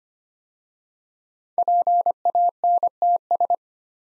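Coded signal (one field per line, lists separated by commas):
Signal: Morse code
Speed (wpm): 25 wpm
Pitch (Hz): 700 Hz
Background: none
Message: PANTS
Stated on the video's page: Morse drill of 5-letter words at 25 wpm, each word sent twice after its first three letters are spoken.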